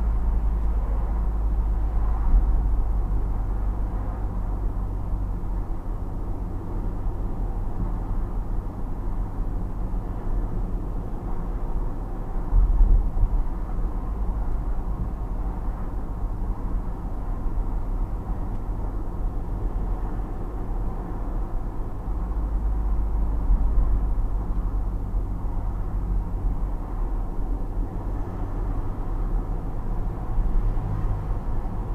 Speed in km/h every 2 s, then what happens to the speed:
37, 37, 35, 35, 35, 37, 38, 37, 37, 35, 37, 37, 37, 33, 35, 37.
0-32 steady at about 37.